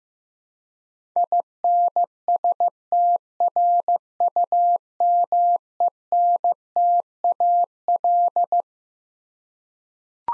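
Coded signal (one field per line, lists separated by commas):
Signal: Morse code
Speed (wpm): 16 wpm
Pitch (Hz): 700 Hz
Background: none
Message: INSTRUMENTAL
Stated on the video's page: Morse head-copy drill of twelve-letter words at 15 wpm, each word sent, spoken, then sent again.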